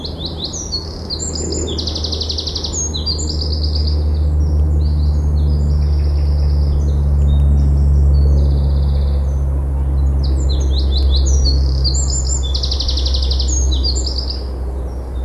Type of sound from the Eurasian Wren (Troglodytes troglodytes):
song